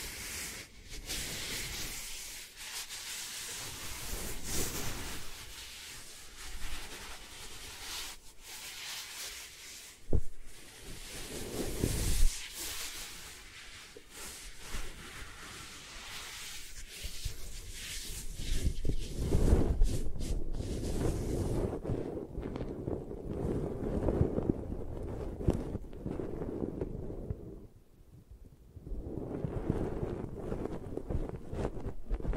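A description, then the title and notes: An eye massage device runs with a steady rushing, whooshing hiss that swells and eases every few seconds, with low rumbling pulses near 10 and 12 seconds. After about 21 seconds the bright hiss drops away, leaving a duller low hum that dips briefly near 28 seconds. 3D Eye Massage.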